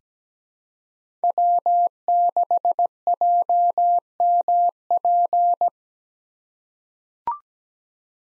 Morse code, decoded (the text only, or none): W6JMP